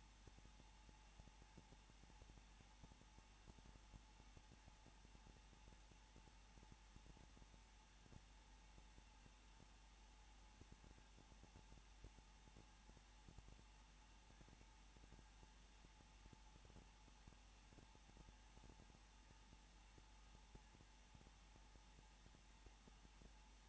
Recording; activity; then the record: daily activity, microphone in the room; no activity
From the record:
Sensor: 1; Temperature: 20.2 degrees Celsius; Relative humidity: 35.7%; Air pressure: 994.6 hPa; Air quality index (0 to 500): 182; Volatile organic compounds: 7 ppm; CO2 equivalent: 2003 ppm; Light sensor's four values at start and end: 1/2/1/1 and 1/2/1/1